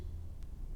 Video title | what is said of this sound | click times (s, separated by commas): Tracheostomy Management | When replacing the inner cannula, push firmly and it will snap into the correct position. | 0.4 s